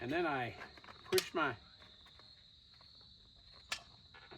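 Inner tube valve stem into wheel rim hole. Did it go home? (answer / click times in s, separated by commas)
yes / 3.7 s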